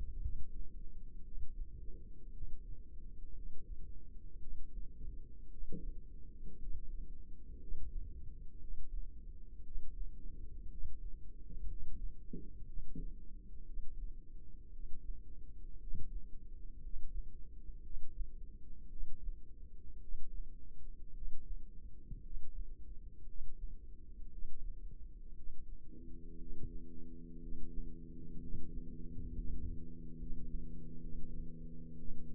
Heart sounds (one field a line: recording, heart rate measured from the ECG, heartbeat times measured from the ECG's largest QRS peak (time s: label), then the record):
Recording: heart sounds by microphone in the left ear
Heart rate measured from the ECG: 59 bpm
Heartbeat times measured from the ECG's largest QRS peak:
0.19 s: heartbeat
1.21 s: heartbeat
2.30 s: heartbeat
3.32 s: heartbeat
4.37 s: heartbeat
5.48 s: heartbeat
6.56 s: heartbeat
7.56 s: heartbeat
8.58 s: heartbeat
9.61 s: heartbeat
10.67 s: heartbeat
11.65 s: heartbeat
12.63 s: heartbeat
13.63 s: heartbeat
14.69 s: heartbeat
15.77 s: heartbeat
16.79 s: heartbeat
17.80 s: heartbeat
18.87 s: heartbeat
19.98 s: heartbeat
21.11 s: heartbeat
22.20 s: heartbeat
23.24 s: heartbeat
24.28 s: heartbeat
25.32 s: heartbeat
26.35 s: heartbeat
27.38 s: heartbeat
28.37 s: heartbeat
29.31 s: heartbeat
30.14 s: heartbeat
30.98 s: heartbeat
31.94 s: heartbeat
From the record:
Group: healthy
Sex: male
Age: 23 years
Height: 178 cm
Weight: 96.6 kg